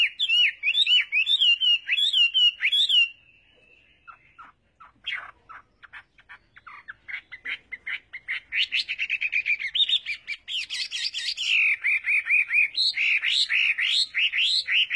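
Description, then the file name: Chinese hwamei song opening with a rhythmic series of looping whistles, a brief pause, then rapid clicking notes building into loud, varied, fluty phrases. "Tieng hoa mi hot"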